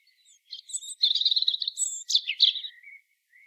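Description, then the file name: European robin singing a rippling, high phrase: a fast trill, thin drawn-out whistles and tumbling notes, ending with faint lower whistles. "Erithacus rubecula"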